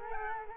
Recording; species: mosquito wingbeat signal from an infrared sensor; Culex quinquefasciatus